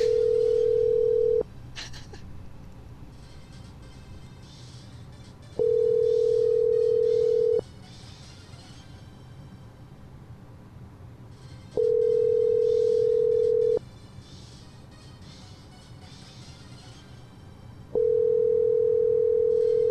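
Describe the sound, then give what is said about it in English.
A phone's outgoing ringback tone: a steady, mid-pitched beep lasting about two seconds, repeating four times with roughly four-second gaps of faint line hiss between. “That's his phone ringing.”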